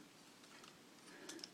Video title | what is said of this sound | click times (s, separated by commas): Sky Shadow - Transformers Generations Review | make sure that just snaps into place just like that | 1.4 s